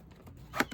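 A binder ring on a notebook is pushed closed after the pages are put back. It snaps shut with a sharp click at 0.6 s, followed by a softer tick just after, and the ring is locked.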